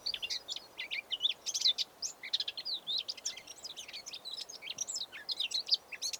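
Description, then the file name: Eurasian blackcap giving a continuous busy warble of scratchy, twisting high notes, rapid and varied throughout, with a low steady background hiss. "Sylvia atricapilla"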